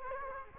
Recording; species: mosquito wingbeat signal from an infrared sensor; Culex quinquefasciatus